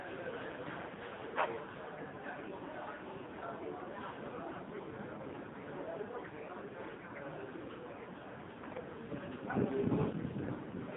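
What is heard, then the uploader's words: Busy market ambience with a steady bed of overlapping voices, muffled and dull with no crisp top end. A short sharp knock cuts through near the start, and a louder burst of sound rises briefly around the tenth second before the chatter settles. Brighouse Market by Chris Hester.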